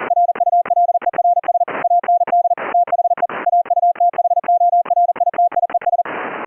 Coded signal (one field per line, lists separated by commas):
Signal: Morse code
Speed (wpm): 40 wpm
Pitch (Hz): 700 Hz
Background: none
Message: RULERS AND THE AUTHORITIES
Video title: Keying CW afcw mode on a K3S - using a high pitched PTT activation tone & delayed CW tone